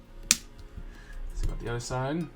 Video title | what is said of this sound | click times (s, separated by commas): #Windsornewton Dual End Watercolor Marker Unboxing & Review - Is It Worth It? | Oh, got a nice snap to it. | 0.3 s